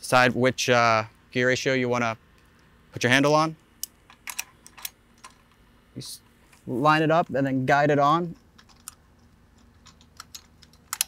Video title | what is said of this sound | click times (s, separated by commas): Easy Boat Maintenance: Installing a Boat Trailer Winch | Then it snaps into place and that's the lock. | 10.9 s, 11.0 s